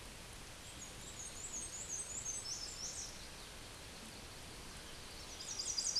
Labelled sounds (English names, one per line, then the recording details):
Black-and-white Warbler song
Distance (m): 45 m
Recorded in a Pennsylvania forest on 18 May 2023 at 13:56
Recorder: AudioMoth, point grid1_29_low
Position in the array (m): 75 m, 106 m